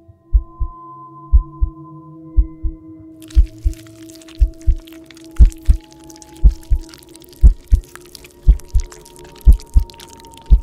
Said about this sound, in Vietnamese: Thế nhưng âm thanh duy nhất mà gã có thể nghe được lúc này là tiếng trái tim của gã đang đập bành bạch ở trong lồng ngực, và cả cái âm thanh nhai lạo xạo kia.